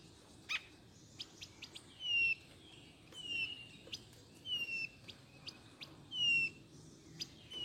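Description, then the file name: Blue-naped chlorophonia song: clear, high, slightly descending whistled notes repeated every second or two, with scattered short clicks. "canto do gaturamo bandeira"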